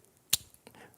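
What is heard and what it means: Two plastic Powerpole connector housings are pushed together, and the detent snaps over centre to lock them with a sharp click at 0.3 seconds. Fainter ticks and handling noise follow. The pair is seated and locked.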